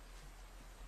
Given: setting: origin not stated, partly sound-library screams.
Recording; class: one-second piece from a danger detection set; normal situation